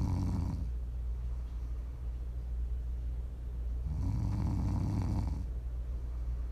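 Prime ASMR snoring: an adult snoring in sleep, with two low, rumbling snores about four seconds apart over steady low background noise.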